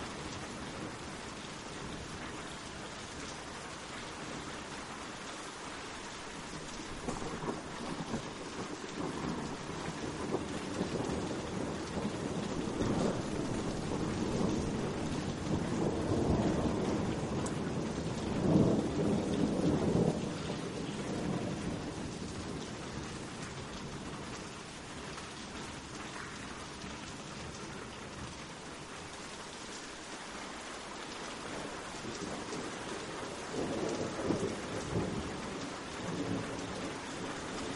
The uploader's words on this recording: 8 Hours of Relaxing Rain and Thunder Sounds for Deep Sleep with Sleep Meditation.